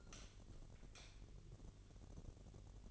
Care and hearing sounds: daily activity, microphone in the room; light off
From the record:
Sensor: 4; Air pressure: 1012.7 hPa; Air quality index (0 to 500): 247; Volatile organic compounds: 4 ppm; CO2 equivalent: 1681 ppm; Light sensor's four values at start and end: 17/44/17/18 and 15/34/14/14

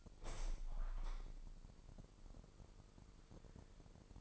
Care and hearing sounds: daily activity, microphone in the room; open window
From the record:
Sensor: 5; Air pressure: 1000.0 hPa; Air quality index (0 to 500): 248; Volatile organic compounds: 34 ppm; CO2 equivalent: 3045 ppm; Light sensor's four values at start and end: 34/80/32/30 and 34/80/32/30

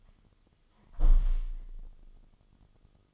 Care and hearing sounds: daily activity, microphone in the room; close window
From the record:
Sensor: 4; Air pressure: 1005.3 hPa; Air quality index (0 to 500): 99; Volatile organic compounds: 2 ppm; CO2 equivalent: 1226 ppm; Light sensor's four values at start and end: 13/29/12/11 and 13/29/11/11

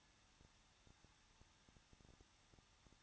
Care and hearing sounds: daily activity, microphone in the room; no activity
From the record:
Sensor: 3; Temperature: 21.2 degrees Celsius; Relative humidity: 36.2%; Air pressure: 1006.5 hPa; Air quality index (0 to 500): 220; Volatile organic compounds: 39 ppm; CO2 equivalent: 3130 ppm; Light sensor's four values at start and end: 2/3/2/2 and 2/3/2/2

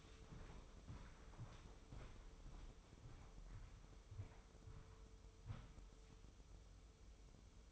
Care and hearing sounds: daily activity, microphone in the room; walk to room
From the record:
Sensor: 1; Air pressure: 995.6 hPa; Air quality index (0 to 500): 36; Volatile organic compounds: 1 ppm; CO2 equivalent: 618 ppm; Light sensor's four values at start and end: 30/105/40/42 and 30/105/40/42

